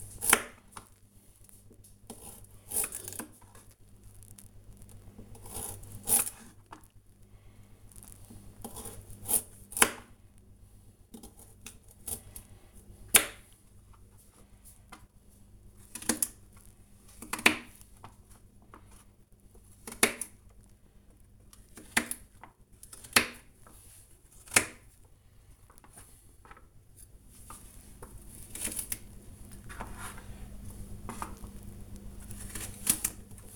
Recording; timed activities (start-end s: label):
household activities, microphone on the right wrist
0.00-33.56 s: cutting vegetables